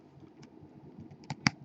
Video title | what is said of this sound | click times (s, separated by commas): Danball Senki LBX Z Mode Series LBX Achilles Review | there you go click | 1.5 s